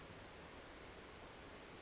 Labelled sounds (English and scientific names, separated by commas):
Orange-crowned Warbler (Leiothlypis celata)